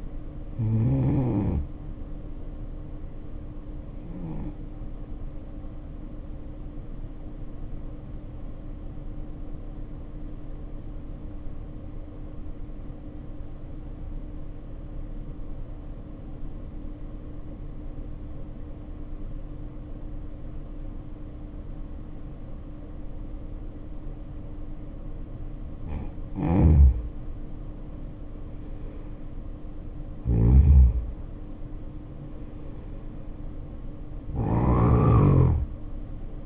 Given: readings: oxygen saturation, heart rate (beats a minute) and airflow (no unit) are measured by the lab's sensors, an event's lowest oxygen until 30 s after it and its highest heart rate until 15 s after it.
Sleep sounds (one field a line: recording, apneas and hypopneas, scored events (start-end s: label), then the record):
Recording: breathing in sleep by a smartphone at the bedside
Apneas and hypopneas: 1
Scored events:
6.00-36.46 s: new sleep stage, N2 (light sleep)
12.00-25.80 s: obstructive apnea (N2, oxygen 95% highest, then 77% lowest, heart rate 60 at the start, 73 highest)
From the record:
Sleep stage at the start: N1 (lightest sleep)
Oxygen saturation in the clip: 75 to 95%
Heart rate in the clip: 53 to 73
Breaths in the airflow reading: 4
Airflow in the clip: -9.5 to 8.0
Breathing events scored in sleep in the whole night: 520 in 7.2 hours asleep